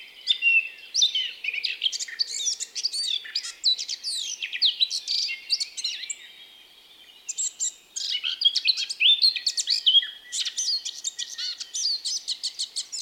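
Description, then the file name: Eurasian blackcap pouring out a fast, jumbled warble of chirps and squeaks, with a short quieter stretch midway before the busy twittering resumes. "Sylvia atricapilla"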